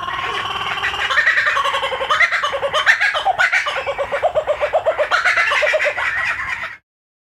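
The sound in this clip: Kookaburra laugh, a long run of rapid cackling and chuckling notes swelling and pulsing, then stopping abruptly near the end.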